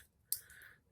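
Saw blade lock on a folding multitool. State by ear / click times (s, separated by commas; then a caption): released / 0.3 s. On a folding multitool, the locking mechanism is pulled back to free the opened saw blade so it can close. A single sharp click sounds at 0.3 s, followed by a fainter, fading high rasp. The saw blade lock is released.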